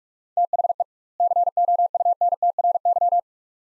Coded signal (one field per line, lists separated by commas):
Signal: Morse code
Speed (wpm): 47 wpm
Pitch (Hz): 700 Hz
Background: none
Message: THE COUNTRY